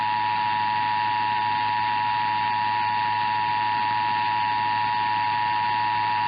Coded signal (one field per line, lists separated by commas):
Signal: Emergency Alert System (SAME) tones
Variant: 853 and 960 Hz attention tone